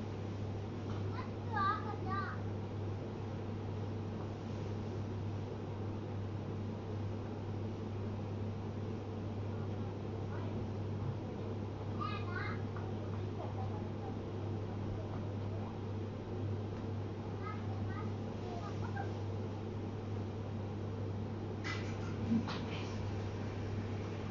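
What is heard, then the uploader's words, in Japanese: Everyday household sounds over a steady low hum, with brief bursts of chirpy voices or animal calls near 2, 12, 18 and 22 seconds. 生活音。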